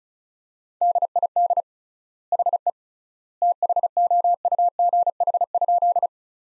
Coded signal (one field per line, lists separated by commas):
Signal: Morse code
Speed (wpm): 34 wpm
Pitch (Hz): 700 Hz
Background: none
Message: DID HE THOUGH?